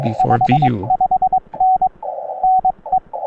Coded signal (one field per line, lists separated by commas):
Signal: Morse code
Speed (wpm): 22 wpm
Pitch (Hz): 750 Hz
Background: speech, radio noise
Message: 55N NE